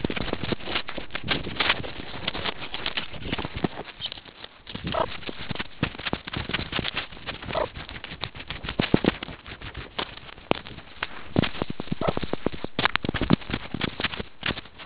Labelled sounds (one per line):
meerkat close call